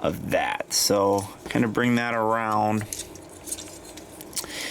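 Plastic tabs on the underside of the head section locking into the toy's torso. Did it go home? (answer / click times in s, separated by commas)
yes / 4.4 s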